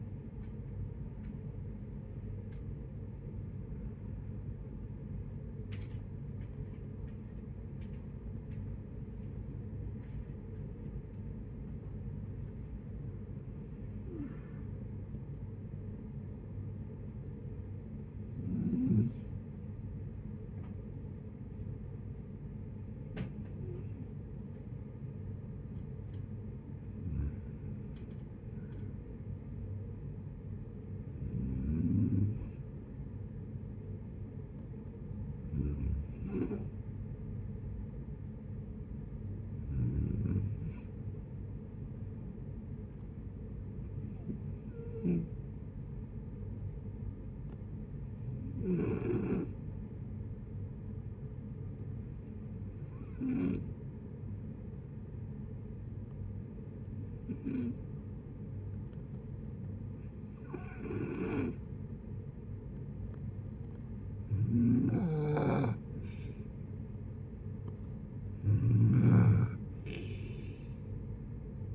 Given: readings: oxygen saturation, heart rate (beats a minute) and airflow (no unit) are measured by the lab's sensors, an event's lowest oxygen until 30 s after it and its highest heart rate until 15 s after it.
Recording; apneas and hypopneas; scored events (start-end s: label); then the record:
breathing in sleep by a smartphone at the bedside; 1
17.00-71.75 s: new sleep stage, N2 (light sleep)
46.00-63.10 s: hypopnea (N2, oxygen 93% highest, then 89% lowest, heart rate 64 at the start, 69 highest)
From the record:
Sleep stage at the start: N1 (lightest sleep); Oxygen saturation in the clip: 90 to 94%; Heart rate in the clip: 60 to 66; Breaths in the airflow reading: 16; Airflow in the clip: -8.0 to 9.0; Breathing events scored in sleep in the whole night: 496 in 5.4 hours asleep